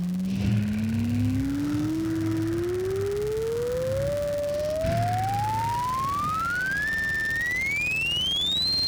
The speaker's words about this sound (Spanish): Se ajustan los motores, se prepara el escudo térmico. Conectado el móvil de comando, se prenden los motores de la primera etapa.